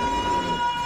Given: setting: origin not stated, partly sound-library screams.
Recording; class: one-second piece from a danger detection set; woman in danger